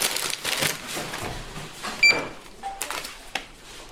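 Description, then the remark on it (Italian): Checkout sounds at the cash register of a charity solidarity emporium run like a supermarket in Lambrate, Milan, Italy: items clatter and rustle in bursts while a short electronic scanner beep cuts through, with a few lighter clicks and knocks afterward. “Questa praticamente è la cassa di questo emporio, funziona come la cassa del supermercato?”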